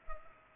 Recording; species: mosquito wingbeat signal from an infrared sensor; Culex pipiens